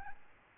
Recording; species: mosquito wingbeat signal from an infrared sensor; Aedes albopictus